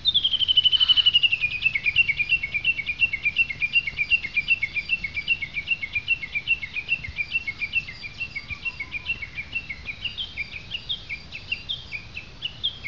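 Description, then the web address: Bird song beginning with a slurred, falling whistle, then a long run of short, clipped notes repeated about four times a second. "oto saezuri"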